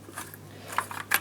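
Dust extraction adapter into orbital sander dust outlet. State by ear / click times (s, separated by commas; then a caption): not seated / none. A plastic dust-extraction adapter is pushed and twisted into the 45 mm dust outlet of an orbital sander to lock it, giving light plastic scrapes and small taps over a steady low hum, with the sharpest knocks near 0.8 s and 1.1 s. It slides in easily but does not lock and twists back out, so nothing has seated or clicked.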